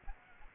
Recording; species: mosquito wingbeat signal from an infrared sensor; Aedes aegypti